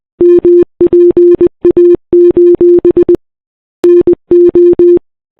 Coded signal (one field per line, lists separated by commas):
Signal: Morse code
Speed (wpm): 28 wpm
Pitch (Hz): 340 Hz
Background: none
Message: MPA: NO